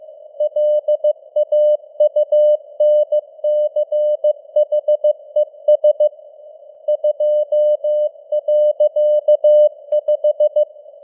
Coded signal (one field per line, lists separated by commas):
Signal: Morse code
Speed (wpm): 15 wpm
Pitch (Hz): 600 Hz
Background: none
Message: LAUNCHES 2.5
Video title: Morse Code News | 2025-11-07 | 15wpm